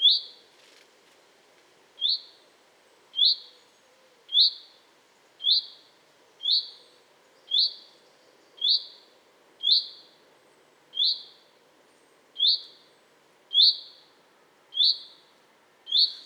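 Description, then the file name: Common chaffinch giving a steady series of short, bright high call notes, roughly one a second. "Fringilla coelebs"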